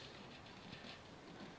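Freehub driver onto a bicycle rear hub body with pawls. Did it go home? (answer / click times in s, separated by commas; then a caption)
no / none. A greased 12-speed SRAM XDR freehub driver, replacing a Shimano Rapid Drive and reusing its pawls, is twisted by hand on a bicycle rear hub axle so the pawls tuck into place. The only sound is a steady, low, scratchy rustle of metal being handled, with no sharp transients. Nothing has seated or clicked yet; the driver is not yet home.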